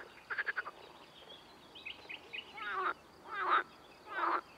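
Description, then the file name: Amphibians giving a short fast pulsed croak series, then a few soft clucks, followed by three louder grating, rasping croaks. Ambience. "AMBAmphibiens"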